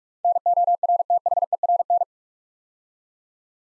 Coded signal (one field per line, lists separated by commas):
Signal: Morse code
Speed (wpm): 44 wpm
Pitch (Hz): 700 Hz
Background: none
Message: NORTHERN